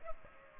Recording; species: mosquito wingbeat signal from an infrared sensor; Culex pipiens